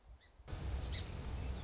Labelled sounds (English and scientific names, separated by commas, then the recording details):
Song Sparrow (Melospiza melodia)
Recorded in Sonoma County, California